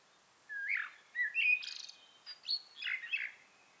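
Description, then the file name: Common blackbird producing a single short phrase of soft, slurred whistles followed by high chattering notes over light background hiss. "Turdus merula"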